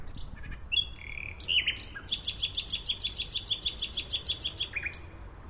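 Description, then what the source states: Nightingale song opening with scattered whistles and sliding notes, then a fast run of loud repeated pulsed notes, ending on a whistled note. Male singing at 3 a.m. in spring near oak trees in Berlin's Tiergarten, warming up for mating season; stays about six weeks, then flies on to Scandinavia, wintering in West Africa.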